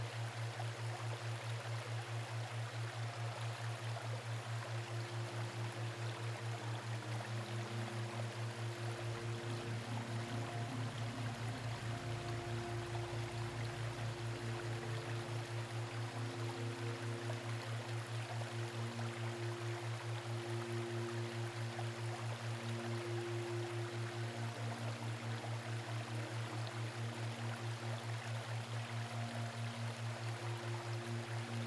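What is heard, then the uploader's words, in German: A waterfall murmurs steadily beneath soft, sustained low tones and gentle held notes that shift slowly, with a constant deep hum throughout. Beruhigenden Murmeln eines WASSERFALLS und Sanfter, Belebender MUSIK.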